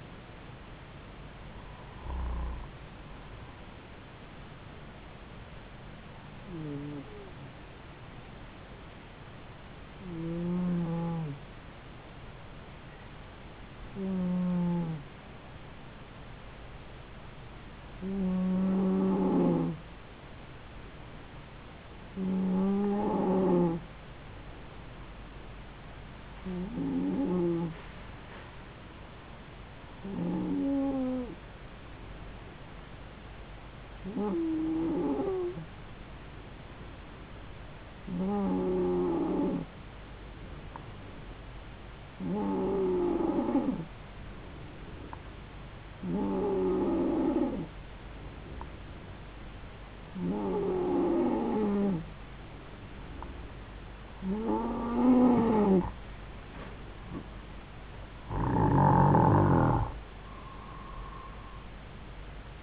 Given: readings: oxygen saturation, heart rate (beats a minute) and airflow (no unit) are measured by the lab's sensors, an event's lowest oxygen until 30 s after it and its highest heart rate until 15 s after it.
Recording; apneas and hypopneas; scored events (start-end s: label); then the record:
breathing in sleep by a voice recorder at the bedside; 1
6.00-51.90 s: hypopnea (N2, oxygen 95% highest, then 92% lowest, heart rate 73 at the start, 75 highest)
From the record:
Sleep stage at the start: N2 (light sleep); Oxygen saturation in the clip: 91 to 95%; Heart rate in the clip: 70 to 76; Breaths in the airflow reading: 15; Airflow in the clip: -3.5 to 3.7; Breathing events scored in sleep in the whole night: 270 in 6.1 hours asleep